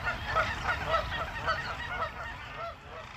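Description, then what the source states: Sandhill cranes calling: a dense chorus of many overlapping rolling, trumpeting calls forming a continuous din with low background rumble. Thousands of sandhill cranes on a sheet of ice on Fish Lake, northern Indiana, just east of LaPorte, before dawn in February; filmed on video by a resident.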